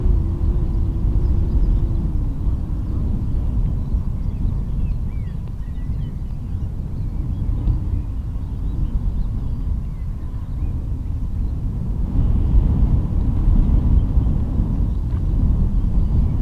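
Wind roars steadily around the lighthouse at Rubjerg Knude, a heavy low rumble with faint hissing above, swelling slightly after twelve seconds.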